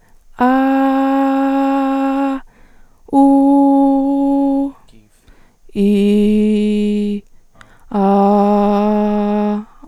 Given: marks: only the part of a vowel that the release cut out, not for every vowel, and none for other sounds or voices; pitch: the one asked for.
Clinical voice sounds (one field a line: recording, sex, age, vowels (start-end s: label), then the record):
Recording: sustained vowels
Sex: female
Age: 20 to 29 years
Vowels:
0.48-2.26 s: vowel /a/, high pitch
3.23-4.58 s: vowel /u/, high pitch
5.94-7.09 s: vowel /i/, low pitch
8.04-9.48 s: vowel /a/, low pitch
From the record:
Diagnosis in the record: healthy voice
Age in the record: 21 years